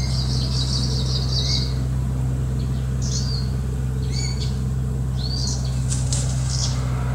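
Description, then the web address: Kamchatka leaf warbler song, a rapid buzzy trill lasting over a second, followed by scattered short chirps, over a steady low hum. Recorded 30 May 2019. "toridayorigazou 2019 20190530 oomushikui"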